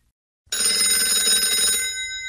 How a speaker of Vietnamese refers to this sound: Tiếng chuông điện thoại của Minh Long vang lên. Là Lão Mã gọi.